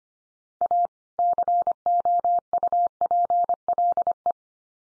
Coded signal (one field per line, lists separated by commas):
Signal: Morse code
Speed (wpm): 25 wpm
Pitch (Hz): 700 Hz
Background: none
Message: A COUPLE